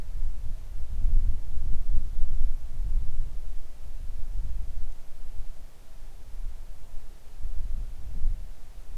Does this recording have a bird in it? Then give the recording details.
no. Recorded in the Arctic National Wildlife Refuge, Alaska, on 3 August 2019 at 10:29. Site 41